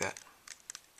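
Someone talks briefly while the plastic rear housing of a camera is handled and pressed around its edges onto the camera body, giving a few faint, light ticks. Nothing has seated or clicked into place yet.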